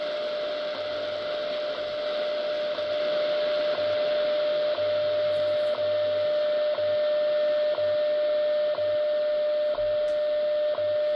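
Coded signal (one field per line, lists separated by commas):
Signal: radio time signal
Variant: WWV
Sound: steady mid-pitched tone with a short tick every second over shortwave hiss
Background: radio static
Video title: XHDATA D-109 on 25000 kHz Shortwave WWV Colorado and weird keypad bug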